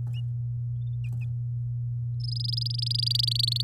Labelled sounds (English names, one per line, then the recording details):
Domestic Canary song
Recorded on 8 May 2018 at 12:54
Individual llb16